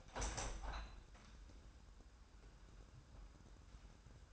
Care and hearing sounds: daily activity, microphone in the room; open window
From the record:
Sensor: 2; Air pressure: 997.8 hPa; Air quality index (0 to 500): 136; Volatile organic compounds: 4 ppm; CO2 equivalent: 1540 ppm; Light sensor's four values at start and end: 11/31/12/12 and 11/31/13/12

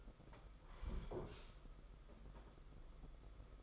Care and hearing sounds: daily activity, microphone in the room; sit down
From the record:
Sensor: 5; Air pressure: 991.8 hPa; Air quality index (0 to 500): 143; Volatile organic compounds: 132 ppm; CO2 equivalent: 3940 ppm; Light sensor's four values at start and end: 32/108/40/43 and 32/108/40/43

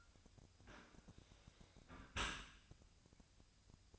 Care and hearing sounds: daily activity, microphone in the room; close dishwasher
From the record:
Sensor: 2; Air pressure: 1002.9 hPa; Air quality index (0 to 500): 198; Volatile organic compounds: 6 ppm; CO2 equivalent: 1878 ppm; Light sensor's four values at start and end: 15/35/15/16 and 15/36/15/17

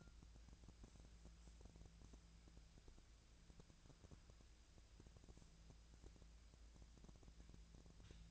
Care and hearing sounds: daily activity, microphone in the room; wipe stove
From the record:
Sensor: 2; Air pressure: 1000.3 hPa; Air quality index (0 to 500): 163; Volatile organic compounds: 3 ppm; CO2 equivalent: 1359 ppm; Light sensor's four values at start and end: 11/27/11/12 and 11/26/11/12

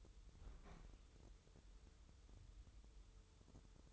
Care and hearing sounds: daily activity, microphone in the room; open fridge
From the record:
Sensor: 3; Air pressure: 988.4 hPa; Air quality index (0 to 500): 194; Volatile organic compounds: 301 ppm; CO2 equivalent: 4484 ppm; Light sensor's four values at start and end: 25/79/33/28 and 25/79/33/28

